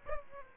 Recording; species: mosquito wingbeat signal from an infrared sensor; Aedes aegypti